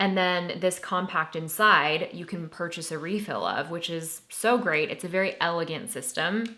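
A makeup refill pan is handled with a heavy refillable magnetic makeup compact while someone talks throughout. The refill has not yet been pressed home, and nothing has seated or clicked yet.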